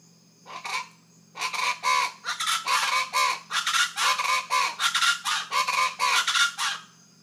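Rufous-vented chachalacas calling in a loud, raucous chorus of harsh, rhythmic notes, about four per second, lasting several seconds over a faint low hum.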